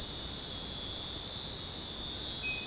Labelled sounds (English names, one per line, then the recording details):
none
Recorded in dense forest near Puerto Asís, Putumayo, Colombia, on 26 December 2024 at 23:00
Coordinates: 0.468, -76.322
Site G071